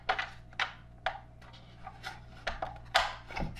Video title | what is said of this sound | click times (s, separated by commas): RC Submarine Project - Type II U-boat - Episode 4: Hull Modifications | there we go and you can see that there's a very satisfying snap there | 3.0 s